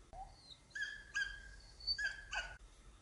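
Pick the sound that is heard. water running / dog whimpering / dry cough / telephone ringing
dog whimpering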